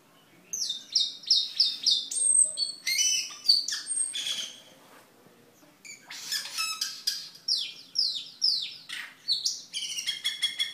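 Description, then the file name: Camperling song of repeated high whistled notes, then a brief pause before a fresh burst of chattering, buzzy phrases. "camperling omkicau"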